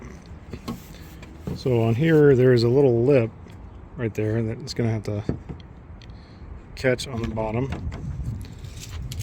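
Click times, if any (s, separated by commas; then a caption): 9.1 s. A new tailgate handle is pushed into the tailgate step opening of a 2015 F150, its lip catching on the bottom, while someone talks. Quiet handling taps and small clicks are heard, then a sharp snap at 9.1 s as the handle's spring clips snap into place and the handle seats.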